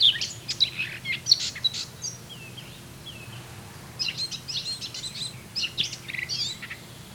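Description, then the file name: Eurasian blackcap song in two bursts of hurried, varied warbling notes separated by a quieter gap with a few soft slurred whistles, over a steady low background hum. "Sylvia atricapilla"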